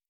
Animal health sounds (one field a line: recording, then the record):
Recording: hydrophone in a shrimp aquaculture tank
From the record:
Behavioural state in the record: normal